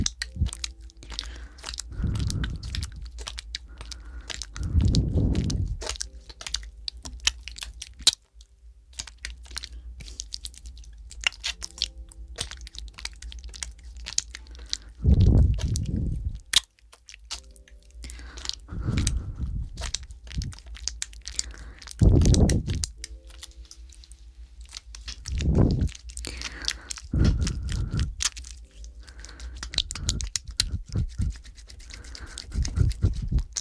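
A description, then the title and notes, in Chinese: Mouth sounds with aloe gel: wet clicks, smacks and sticky squelches crackle through the clip, quick and irregular. Deeper, fuller swells of squishing rise every few seconds, near 2, 5, 15, 22, 26 and 33 seconds, with a faint low hum underneath. 口腔+芦荟胶 助眠asmr。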